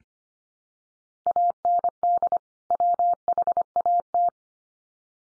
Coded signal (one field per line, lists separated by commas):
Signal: Morse code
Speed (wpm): 25 wpm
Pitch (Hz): 700 Hz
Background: none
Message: AND WHAT